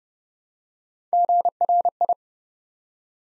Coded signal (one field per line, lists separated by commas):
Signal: Morse code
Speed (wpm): 30 wpm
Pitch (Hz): 700 Hz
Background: none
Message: GRI